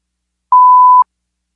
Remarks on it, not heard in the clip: Tinnitus reveals that your brain is constantly analyzing the world around you, even as it fails to filter its own internal noise. Experiencing tinnitus is like eavesdropping on your brain talking to itself.